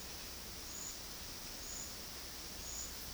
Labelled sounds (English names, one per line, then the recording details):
none
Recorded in dense forest near Puerto Asís, Putumayo, Colombia, on 21 February 2024 at 12:00
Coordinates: 0.481, -76.318
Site G6421